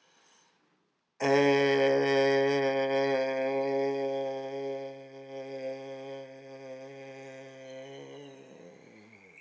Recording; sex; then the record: sustained vowel /e/; male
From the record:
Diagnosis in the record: healthy control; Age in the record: 77 years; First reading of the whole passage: 68 s, 7.6 characters per second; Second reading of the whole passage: 60 s, 8.3 characters per second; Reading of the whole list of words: 67 s, 4.2 characters per second